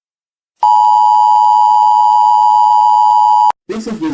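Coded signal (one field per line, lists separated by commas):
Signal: Emergency Alert System (SAME) tones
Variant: 853 and 960 Hz attention tone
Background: speech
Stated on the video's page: Fictional EAS scenario, homemade, not a real national test.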